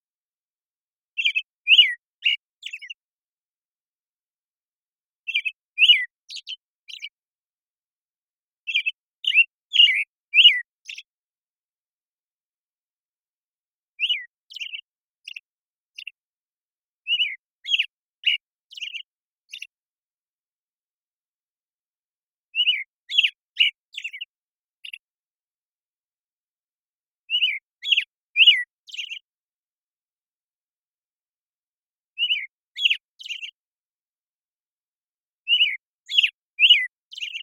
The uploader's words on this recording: American Robin, Turdus migratorius, morning song, very long sequence, parabolic recording, processed clean for clarity, natural pacing and rhythm maintained, family Thrushes and Allies, order Passeriformes Recorded in the beautiful Pacific Northwest, Washington, United States. American Robin Morning Song.